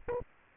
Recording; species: mosquito wingbeat signal from an infrared sensor; Aedes albopictus